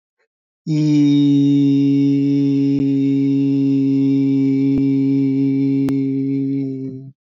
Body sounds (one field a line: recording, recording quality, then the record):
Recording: sustained vowel as in beet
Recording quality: excellent, no background noise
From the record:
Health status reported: exposed to COVID-19, no respiratory illness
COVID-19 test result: not tested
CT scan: not taken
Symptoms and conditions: none ticked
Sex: male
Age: 27 years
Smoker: yes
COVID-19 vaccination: both doses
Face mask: not worn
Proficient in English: yes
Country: India